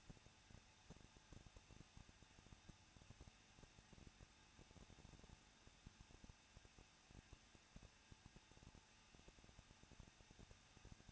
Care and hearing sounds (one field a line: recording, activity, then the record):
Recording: daily activity, microphone in the room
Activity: no activity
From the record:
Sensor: 2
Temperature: 21.0 degrees Celsius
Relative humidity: 37.4%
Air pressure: 1006.2 hPa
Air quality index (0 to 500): 222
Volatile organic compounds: 24 ppm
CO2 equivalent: 2813 ppm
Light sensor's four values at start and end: 2/3/2/2 and 2/3/2/2